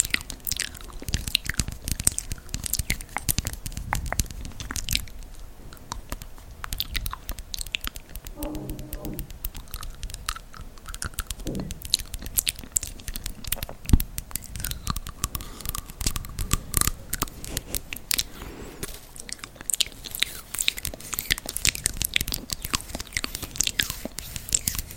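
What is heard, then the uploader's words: Dense, rapid crackly nibbling and mouth sounds, crisp and clicky throughout, with a few brief tonal hums near the middle. Spoolie Nibbling + Mouth Sounds.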